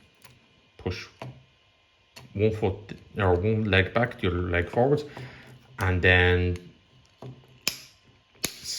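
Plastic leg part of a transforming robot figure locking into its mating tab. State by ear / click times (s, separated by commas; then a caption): seated / 7.7 s, 8.5 s. Someone talks while transforming a Studio Series 86 Scrapper plastic robot figure, moving one leg back and the other forward, then pushing a plastic leg part onto its mating hook tab. Sharp plastic snaps at 7.7 s and 8.5 s mark the part locking into place, seating securely with nothing stressed or flexed.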